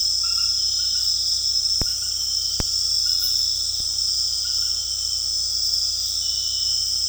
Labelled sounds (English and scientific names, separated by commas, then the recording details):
none
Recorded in dense forest near Puerto Asís, Putumayo, Colombia, on 18 February 2024 at 20:30
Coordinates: 0.485, -76.322
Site G6406